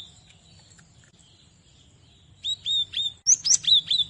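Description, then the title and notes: Cinereous tit calls: after a quiet start, a run of bright, high chirps with short downward slurs, then a quicker cluster of sharper notes near the end. Masteran (training recording for cage birds). "Masteran Gelatik Batu. burung gelatik"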